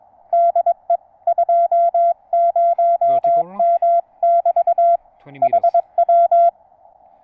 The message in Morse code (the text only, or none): DE 20M <BT> HW